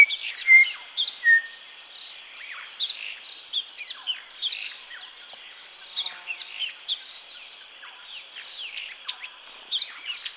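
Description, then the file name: White-flanked batis calls: a few clear, level whistled notes near the start stand out above a busy chorus of chirping birds and a steady high insect drone. "Golosa ptic - Belobokij batis Batis molitor"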